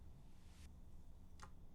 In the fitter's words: Did both sides click in? Nope.